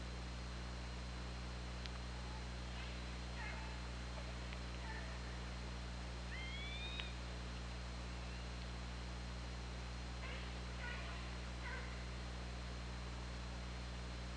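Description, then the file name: Killer whale calls underwater: scattered pulsed bursts, a rising harmonic tonal call near the seventh second, then more pulsed bursts, against constant hiss and low steady hum. Recorded on an OrcaLab hydrophone, 24 August 2017, around 21:40. "Orca Lab UTLN 20170824 214050"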